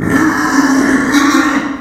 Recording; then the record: squeal of a Yucatan mini pig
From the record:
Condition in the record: after surgery on the right vocal fold (resection and tissue-engineered implant); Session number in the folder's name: 4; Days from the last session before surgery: 26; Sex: female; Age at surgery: 19 weeks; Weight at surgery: 25 kg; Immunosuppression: prednisolone